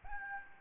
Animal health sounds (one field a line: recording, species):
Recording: mosquito wingbeat signal from an infrared sensor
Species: Aedes albopictus